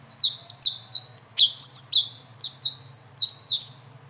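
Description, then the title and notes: Leafbird singing continuous high, sweet whistled phrases with sharp slurred notes over a faint low hum. Strong continuous song (gacor) with rolling phrases (ngeroll) and fill notes (isian); a training song (masteran). "BURUNG SELENDANG BIRU GACOR NGEROLL ISIAN. masteran"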